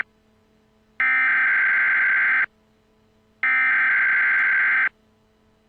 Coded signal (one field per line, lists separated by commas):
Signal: Emergency Alert System (SAME) tones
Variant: header bursts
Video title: The Silence Above An EAS Scenario #1